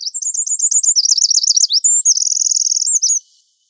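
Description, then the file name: Eurasian wren belting out a fast, high-pitched song of rattling trills and quick wavering phrases, ending abruptly after about three seconds. "Troglodytes troglodytes"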